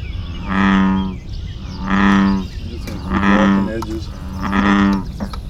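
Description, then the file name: American bullfrog giving deep, droning, harmonic calls, four of them, each lasting under a second and spaced roughly every one and a half seconds, over a low background rumble. Recorded on 3 May 2011. "Bullfrog HH MD 20110503"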